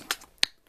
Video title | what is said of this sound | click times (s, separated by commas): Marvel Select Captain America | for the different bases you see that they plug in just snap | 0.4 s